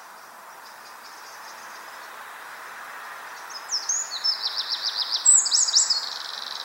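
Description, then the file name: Eurasian wren song: faint high notes at first, then a loud, rapid trill of sharp high notes that carries on to the end, over a steady background hiss. "Troglodytes troglodytes"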